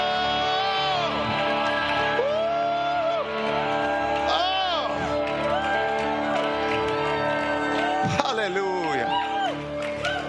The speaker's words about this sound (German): Ich habe gerade empfunden, dieser Jubel, der war wie ein zweites Silvesterfeuerwerk. Wie nochmal das neue Jahr willkommen geheißen.